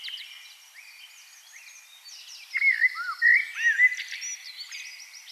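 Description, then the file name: Common blackbird giving a few short, clear, looping whistled notes midway through, amid high twittering and chirping. "Turdus merula"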